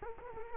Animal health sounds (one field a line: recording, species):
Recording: mosquito wingbeat signal from an infrared sensor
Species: Culex quinquefasciatus